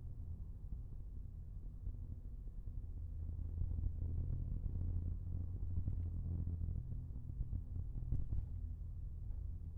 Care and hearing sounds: everyday scene through a hearing-aid microphone; in a vehicle; engine, rumble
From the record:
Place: Skoda Fabia, gasoline engine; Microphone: behind the ear, left, rear

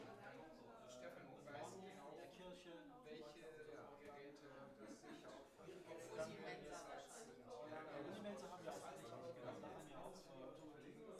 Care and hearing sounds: everyday scene through a hearing-aid microphone; many people talking; many voices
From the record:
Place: bistro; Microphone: behind the ear, right, front

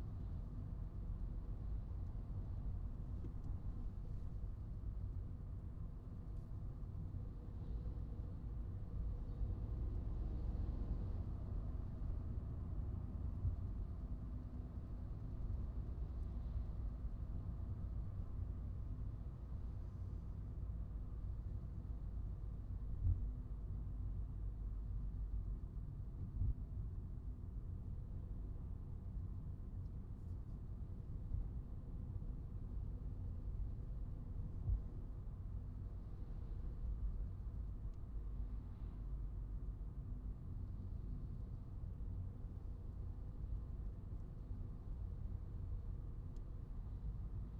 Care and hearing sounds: everyday scene through a hearing-aid microphone; in a vehicle; engine, traffic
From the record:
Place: Skoda Fabia, gasoline engine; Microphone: in the ear canal, right

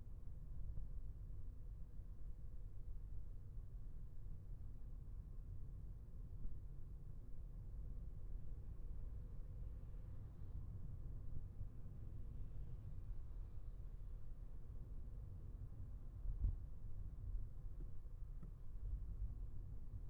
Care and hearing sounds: everyday scene through a hearing-aid microphone; in a vehicle; engine, traffic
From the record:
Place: Skoda Fabia, gasoline engine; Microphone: behind the ear, left, front

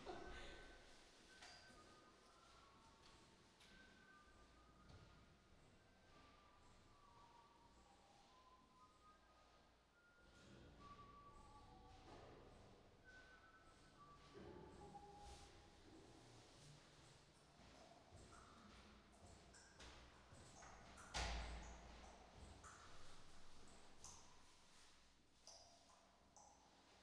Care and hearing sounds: everyday scene through a hearing-aid microphone; reverberant space; background noise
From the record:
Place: staircase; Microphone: in the ear canal, right

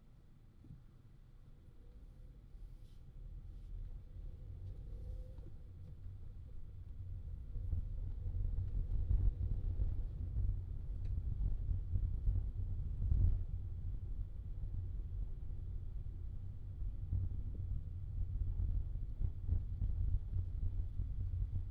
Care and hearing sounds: everyday scene through a hearing-aid microphone; in a vehicle; engine, rumble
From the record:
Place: Skoda Fabia, gasoline engine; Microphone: in the ear canal, left

